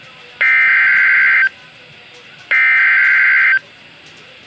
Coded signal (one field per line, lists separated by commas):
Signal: Emergency Alert System (SAME) tones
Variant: header bursts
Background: speech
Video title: TRIPLE HEADER Severe Thunderstorm warning (EAS 41,42,43)